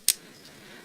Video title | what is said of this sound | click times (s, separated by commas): Bandai Gundam 1/100 MG Build Strike Gundam Full Package Review | and then push forward clip it in and there you go | 0.1 s